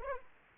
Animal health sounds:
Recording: mosquito wingbeat signal from an infrared sensor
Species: Anopheles arabiensis

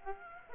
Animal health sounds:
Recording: mosquito wingbeat signal from an infrared sensor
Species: Aedes aegypti

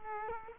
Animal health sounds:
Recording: mosquito wingbeat signal from an infrared sensor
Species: Culex quinquefasciatus

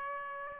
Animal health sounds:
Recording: mosquito wingbeat signal from an infrared sensor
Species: Aedes aegypti

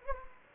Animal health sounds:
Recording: mosquito wingbeat signal from an infrared sensor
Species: Anopheles gambiae

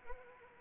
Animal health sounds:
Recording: mosquito wingbeat signal from an infrared sensor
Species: Anopheles arabiensis

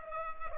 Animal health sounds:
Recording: mosquito wingbeat signal from an infrared sensor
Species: Culex pipiens

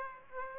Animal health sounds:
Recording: mosquito wingbeat signal from an infrared sensor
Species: Aedes aegypti

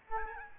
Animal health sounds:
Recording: mosquito wingbeat signal from an infrared sensor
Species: Aedes albopictus

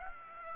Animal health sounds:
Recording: mosquito wingbeat signal from an infrared sensor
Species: Aedes aegypti

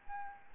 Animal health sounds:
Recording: mosquito wingbeat signal from an infrared sensor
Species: Aedes albopictus

